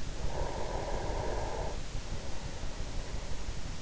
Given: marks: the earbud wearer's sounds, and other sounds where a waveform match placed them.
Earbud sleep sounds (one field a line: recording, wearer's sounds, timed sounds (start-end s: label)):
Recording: sounds in sleep by an in-ear microphone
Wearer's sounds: breath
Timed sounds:
0.14-3.81 s: breath